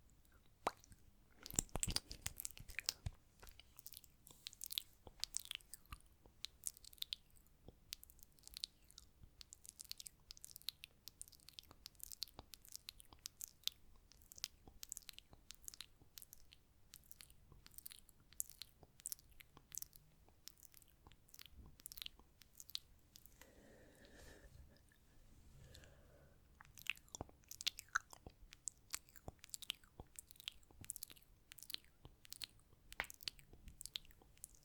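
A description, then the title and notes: Intense mouth sounds go on throughout, a dense stream of wet clicks, smacks and crackles with sharp bright edges. The pace is busiest at the start and again after about 27 seconds. Around 23 to 26 seconds a brief soft hum or murmur appears. ASMR Intense Mouth Sounds & Lipgloss Application (No Talking).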